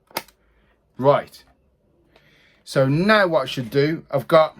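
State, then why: Seated. A film back on a Bronica SQ-AM medium-format camera loaded with Ilford HP5 film is lined up and closed, giving a single sharp click at 0.2 s as it latches closed and seats. Someone then talks.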